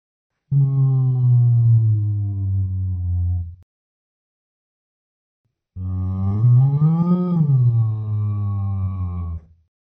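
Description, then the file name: Sheep bleating twice, a long low wavering baa, a pause of two seconds, then a second baa that rises and falls in the middle. "Schaf"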